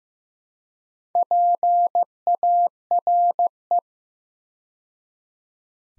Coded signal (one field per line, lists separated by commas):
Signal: Morse code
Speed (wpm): 15 wpm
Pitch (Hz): 700 Hz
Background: none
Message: PARE